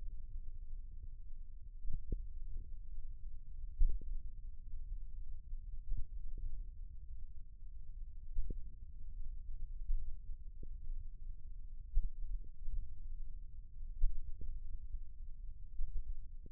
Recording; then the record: forearm muscle sounds (acoustic myography)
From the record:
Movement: thumb flexion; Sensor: system 1, eight BSWA MPA416 microphones around the upper forearm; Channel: 6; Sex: male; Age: 54 years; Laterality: right